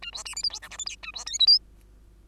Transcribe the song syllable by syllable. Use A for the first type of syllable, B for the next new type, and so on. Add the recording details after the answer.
A B C D E F G H I J A B K L M. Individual Bird2